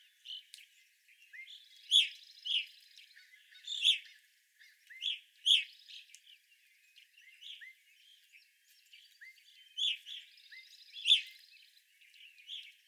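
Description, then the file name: Evening grosbeak calls, a busy mix of loud piercing chirps and softer trills from a group, peaks every second or two, with small upward-hooked notes beneath. Evening grosbeaks, 25 April 2021. "2021-04-25 Evening Grosbeaks"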